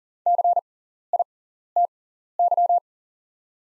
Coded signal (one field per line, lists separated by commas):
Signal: Morse code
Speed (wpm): 40 wpm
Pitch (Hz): 700 Hz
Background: none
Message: CITY